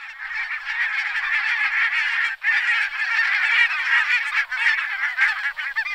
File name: oca facciabianca